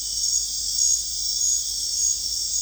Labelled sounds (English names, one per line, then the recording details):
none
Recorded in secondary vegetation near Puerto Asís, Putumayo, Colombia, on 20 December 2024 at 21:00
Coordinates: 0.484, -76.319
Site GP06